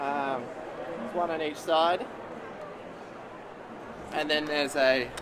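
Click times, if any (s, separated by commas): none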